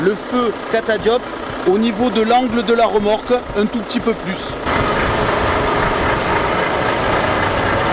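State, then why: Not seated. A truck tractor reverses toward a semi-trailer to bring the fifth wheel coupling under the trailer kingpin so its jaws can lock on. Someone talks for the first 4.6 seconds, and then a steady, broadband engine rumble fills the rest of the clip. The clip ends before the coupling closes, so the kingpin has not yet latched into the fifth wheel and nothing has clicked.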